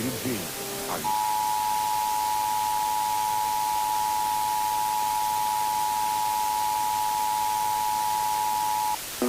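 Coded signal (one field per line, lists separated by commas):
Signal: Emergency Alert System (SAME) tones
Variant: 853 and 960 Hz attention tone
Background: speech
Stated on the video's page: Mock (simulated) EAS alert for a severe thunderstorm.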